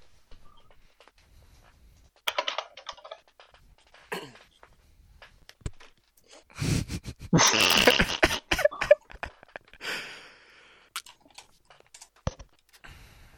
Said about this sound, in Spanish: Pero, ¿se oye hoy el teclado?